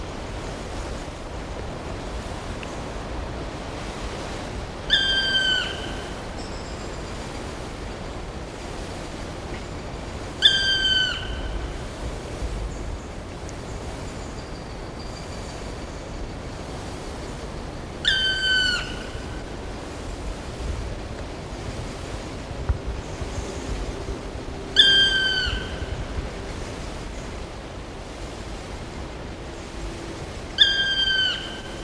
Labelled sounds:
Black Woodpecker (Dryocopus martius) call
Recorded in the wild
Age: adult
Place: Mühlenbecker Wald, Brandenburg, DE
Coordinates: 52.6833, 13.4
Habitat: forest
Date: 1988-06-04 10:42
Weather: bedeckt, 18-20°C, Wind
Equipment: Nagra SN, Kopie Tesla B 116
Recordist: Tembrock, Günter

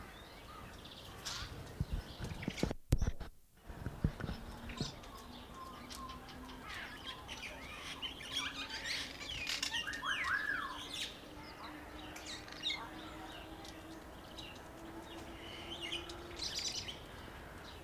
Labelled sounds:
Crested Oropendola (Psarocolius decumanus)
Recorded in captivity
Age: adult
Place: Zoo Berlin, Berlin, DE
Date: 1998-03-21 10:57
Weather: fair, ca. 0°C
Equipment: Nagra SN, Kopie Uher 4000 Report Monitor
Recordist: Tembrock, Günter

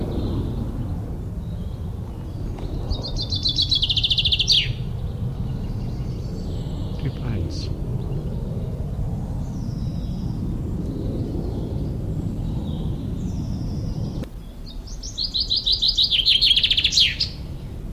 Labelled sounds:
Common Chaffinch (Fringilla coelebs) song
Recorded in the wild
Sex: male
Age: adult
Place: Schildow, NSG, Kalktuffgelände am Tegeler Fließ (NSG Schildow), Berlin, DE
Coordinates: 52.64, 13.39
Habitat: forest
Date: 1992-06-21 10:20
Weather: sunny, 22 °C, strengthening winds
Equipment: Marantz CP 430, Sennheiser ME 80, Kopie Tesla B 116
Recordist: Tembrock, Günter

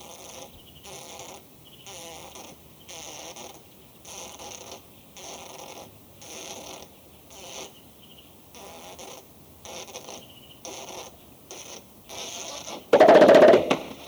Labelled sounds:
Western Gorilla (Gorilla gorilla)
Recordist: Tembrock, Günter

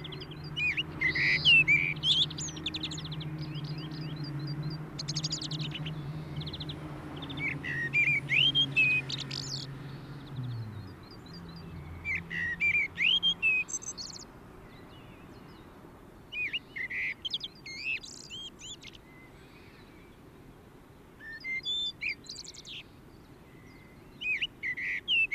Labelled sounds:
Common Blackbird (Turdus merula) song
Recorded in the wild
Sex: male
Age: adult
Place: Garmisch-Partenkirchen, Bayern, DE
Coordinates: 47.4919, 11.0742
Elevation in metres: 707
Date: 1967-03-26
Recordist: Tretzel, Erwin

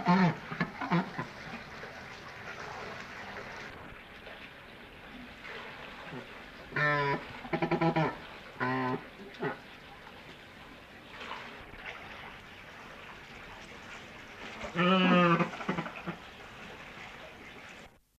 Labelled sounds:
Macaroni Penguin (Eudyptes chrysolophus) call
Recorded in captivity
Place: Zoo Hannover, Niedersachsen, DE
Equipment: Halbspur, 9,5 cm/s
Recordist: Lütgens, Hans
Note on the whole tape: Unterhaltungslaute

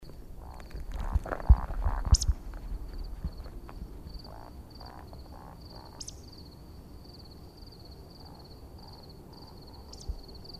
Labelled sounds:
Eurasian Woodcock (Scolopax rusticola) call
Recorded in the wild
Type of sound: call
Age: adult
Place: Schönow, Naturpark Barnim, Brandenburg, DE
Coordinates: 52.6947, 13.5039
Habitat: heather
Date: 2013-06-07 22:39
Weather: clear, windless, 15°C
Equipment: Sound Devices 702, Sennheiser MKH 70, Rycote Windschutz
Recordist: Frommolt, Karl-Heinz
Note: Naturschutzgebiet Schönower Heide: Flugrufe einer Waldschnepfe

